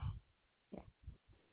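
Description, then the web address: Koala grunting: a loud low snort at the start, then three short, deep pulsed grunts spaced about a quarter second apart. Recorded 20 March 2021. "Koala CS HMCrecordings 3 20 2021"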